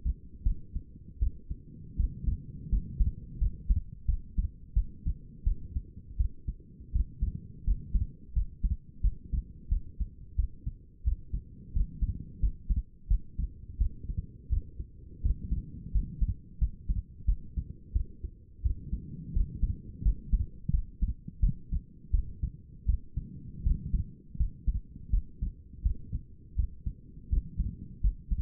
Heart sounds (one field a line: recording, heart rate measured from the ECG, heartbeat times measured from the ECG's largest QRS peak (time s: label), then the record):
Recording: heart sounds by stethoscope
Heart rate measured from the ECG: 85 bpm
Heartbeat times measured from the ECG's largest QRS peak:
0.44 s: heartbeat
1.20 s: heartbeat
1.97 s: heartbeat
2.70 s: heartbeat
3.39 s: heartbeat
4.06 s: heartbeat
4.74 s: heartbeat
5.44 s: heartbeat
6.17 s: heartbeat
6.93 s: heartbeat
7.65 s: heartbeat
8.34 s: heartbeat
9.02 s: heartbeat
9.69 s: heartbeat
10.36 s: heartbeat
11.04 s: heartbeat
11.73 s: heartbeat
12.40 s: heartbeat
13.08 s: heartbeat
13.78 s: heartbeat
14.50 s: heartbeat
15.22 s: heartbeat
15.92 s: heartbeat
16.59 s: heartbeat
17.26 s: heartbeat
17.93 s: heartbeat
18.63 s: heartbeat
19.33 s: heartbeat
20.03 s: heartbeat
20.71 s: heartbeat
21.40 s: heartbeat
22.11 s: heartbeat
22.86 s: heartbeat
23.63 s: heartbeat
24.37 s: heartbeat
25.11 s: heartbeat
25.83 s: heartbeat
26.56 s: heartbeat
27.30 s: heartbeat
28.01 s: heartbeat
From the record:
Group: healthy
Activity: rest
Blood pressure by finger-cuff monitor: 118/74 mmHg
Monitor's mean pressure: 89 mmHg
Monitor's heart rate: 85 bpm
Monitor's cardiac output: 6.4 L/min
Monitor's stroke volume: 74 mL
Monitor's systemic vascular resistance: 1020 dyn s/cm5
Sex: female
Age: 37 years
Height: 168 cm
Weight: 70 kg